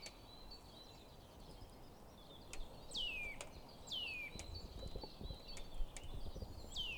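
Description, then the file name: Eurasian nuthatch calls: sharp, high whistled notes that slide steeply downward, given three times at uneven intervals over faint background rustling and ticking. "Sitta europaea"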